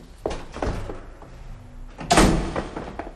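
A door is handled with a couple of soft clunks and rattles, then swings shut with a louder, sharp thud followed by a brief rattling settle. No one speaks.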